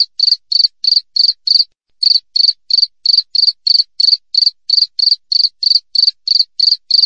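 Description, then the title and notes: Cricket chirps, short rasping pulses at a fixed pitch coming roughly three per second, broken by one short gap, against a silent background. Clear natural cricket chirping with tight spacing, used as a tutor recording for training songbirds and for repelling rats. "Masteran Jangkrik Alam Jernih, Jeda Rapat Cocok Untuk Masteran Burung Dan Mengusir Tikus. suara jangkrik"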